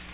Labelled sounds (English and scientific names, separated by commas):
Black-throated Green Warbler (Setophaga virens) flight call